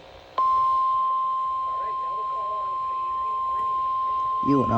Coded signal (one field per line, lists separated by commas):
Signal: Emergency Alert System (SAME) tones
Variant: 1050 Hz attention tone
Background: speech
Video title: 6K, Finally: EAS Alerts From 11/5/25 (EAS #6000-6005)